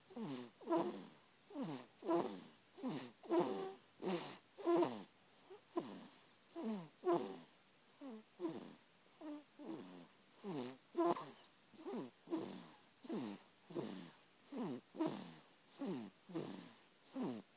Snoring.